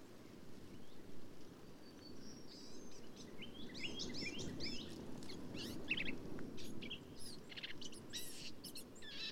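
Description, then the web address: Black-capped vireo song, quick jumbled phrases of scratchy and whistled notes following one another almost without pause, over low background noise. "birdsongforthecurious Black-capped Vireo"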